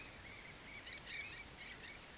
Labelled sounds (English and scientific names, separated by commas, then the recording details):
none
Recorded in pastures near Puerto Asís, Putumayo, Colombia, on 30 June 2025 at 08:30
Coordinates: 0.486, -76.323
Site H29